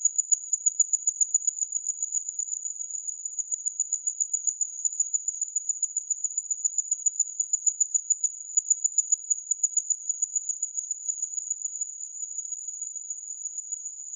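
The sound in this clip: Insect producing a sustained high trill of fast pulses, easing slightly toward the end.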